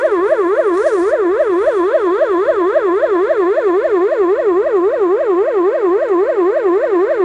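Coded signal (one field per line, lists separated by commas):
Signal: siren signal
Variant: Telegrafia Pavian 1200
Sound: electronic siren rapidly rising and falling in pitch, about three cycles per second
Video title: Siren signal "FLOOD DANGER" (Malaysia 🇲🇾) | Pavian 1200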